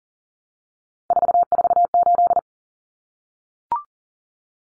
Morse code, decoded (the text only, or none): 448